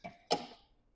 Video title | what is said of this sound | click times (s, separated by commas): Easy Garage Storage Solution Anyone Can Do! | hug the top part, snaps in place. | 0.3 s